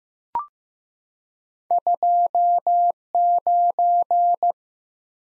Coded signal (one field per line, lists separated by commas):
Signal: Morse code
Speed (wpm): 15 wpm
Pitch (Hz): 700 Hz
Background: none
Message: 29